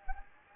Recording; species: mosquito wingbeat signal from an infrared sensor; Anopheles gambiae